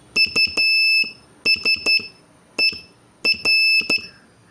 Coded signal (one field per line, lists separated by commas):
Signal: Morse code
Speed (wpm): 12 wpm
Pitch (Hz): 2650 Hz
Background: none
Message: USER